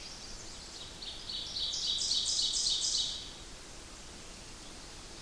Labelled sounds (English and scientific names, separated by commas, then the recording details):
Ovenbird (Seiurus aurocapilla) song
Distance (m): 20 m
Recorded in boreal forest in Alberta, Canada, on 8 June 2016 at 07:45
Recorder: SongMeter 3, array SBT-3-9
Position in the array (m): 42 m, 98 m
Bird 33